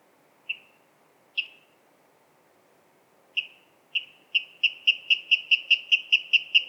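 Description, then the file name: Water rail: a few isolated sharp kips, a pause, then notes accelerating into a quick, regular ticking series. "Waterral Rallus aquaticus"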